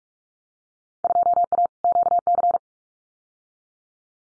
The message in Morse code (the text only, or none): 2A QC